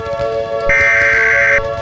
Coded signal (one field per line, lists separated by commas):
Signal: Emergency Alert System (SAME) tones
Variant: header bursts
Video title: The Great War - A WW3 EAS Scenario